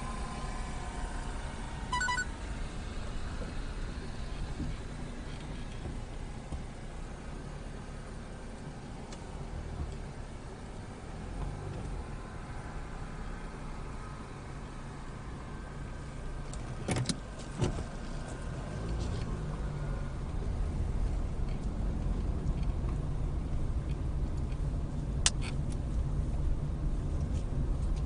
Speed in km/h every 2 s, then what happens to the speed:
6, 6, 2, 2, 2, 0, 0, 0, 0, 6, 11, 16, 16, 16.
4-17 standing. 17-21 pulls away to 16. 21-28 steady at about 16.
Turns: none.